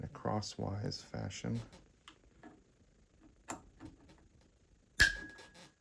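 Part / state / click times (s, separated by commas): preset torque wrench on a bicycle stem bolt / torque reached / 5.0 s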